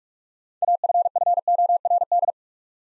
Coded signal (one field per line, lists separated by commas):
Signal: Morse code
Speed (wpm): 44 wpm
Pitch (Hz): 700 Hz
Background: none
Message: AFFORD